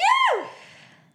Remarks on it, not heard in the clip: You sneeze. We could hear that very loud and clear.